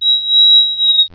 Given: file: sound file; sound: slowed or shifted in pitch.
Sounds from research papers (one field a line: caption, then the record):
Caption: Flat vocalization from a male B6 pup at pnd 8.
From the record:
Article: Unusual Repertoire of Vocalizations in the BTBR T+tf/J Mouse Model of Autism